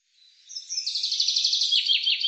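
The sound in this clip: Bird singing a quick trill of high repeated notes running into downward slurred notes; the phrase is cut off before it finishes.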